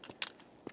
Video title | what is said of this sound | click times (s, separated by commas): Green Mountain Rangers : TRG's Grabber Folding Grappling Hook Review | of the legs just kind of kick out, and it's got this locking plate that sits down and clicks into place. | 0.2 s